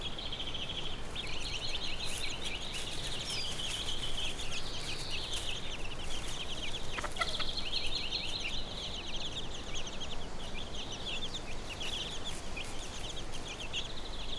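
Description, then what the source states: Chicken chicks producing a near-continuous stream of high peeps and trilled cheeps, with a few brief clicks and low background noise. A hen with her chicks, recorded on Brownsea Island.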